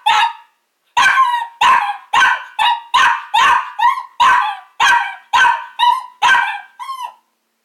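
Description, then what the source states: Small dog barking rapidly, about fourteen shrill barks at roughly two per second, with a ringing echo. Small dog barking, recorded with a piercing echo.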